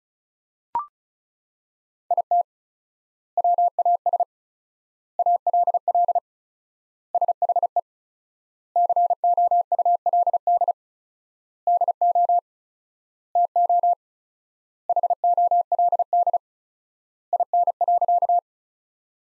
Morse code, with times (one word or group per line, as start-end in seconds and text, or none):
2.1-2.4 IT
3.4-4.2 WAS
5.2-6.2 ALL
7.1-7.8 SHE
8.8-10.7 COULD
11.7-12.4 DO
13.4-13.9 TO
14.9-16.4 HOLD
17.3-18.4 IN.